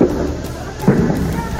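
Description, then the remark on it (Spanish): A tear gas canister is fired by police in Barrio Clínica, Córdoba, during a clash with students, with a single dull, muffled thump, rising briefly above a steady rumble of crowd noise and faint voices. “Disparos de gases lacrimógenos.”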